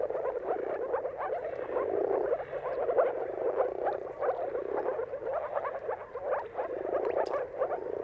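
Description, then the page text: Many moor frogs giving gurgling, rapidly pulsed mating calls in a continuous overlapping chorus, loudness swelling and easing in short waves. Mating calls of many moor frogs in a dawn chorus at sunrise, at the turn of March and April, timing depending on the weather. "Jakub-Orzecki moor frogs. Dawn’s Chorus: Mating Calls of Marsh Frogs at Sunrise. Depending on the weather at the turn of March and April, you can witness an amazing spectacle of moor frogs"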